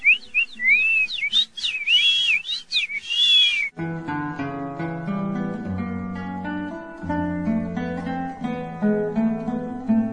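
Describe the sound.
A person whistles quick, high, bird-like chirps and swooping trills for a few seconds, imitating birdsong, before a full, steady passage of instrumental music takes over.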